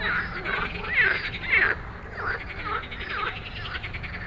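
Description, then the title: Frogs croaking loudly and rapidly, rhythmic rattling calls rising and falling in waves almost twice a second, loudest in the first two seconds. Dense evening frog chorus of many frogs after dark in Stromovka Park, Prague, 18 May 2022 from 22:08, recorded on a Sony PCM-D100 while sitting among them. "Stromovka Park, Prague - Frog concert at Stromovka after dark"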